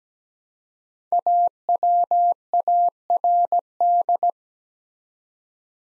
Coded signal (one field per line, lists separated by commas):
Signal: Morse code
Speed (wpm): 17 wpm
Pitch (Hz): 700 Hz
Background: none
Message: AWARD